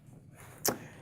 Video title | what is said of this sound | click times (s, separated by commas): IntelliSkin™ with GDS Technology™ Samsung Galaxy Tab S 10 5 Series | It'll kind of snap into place. | 0.7 s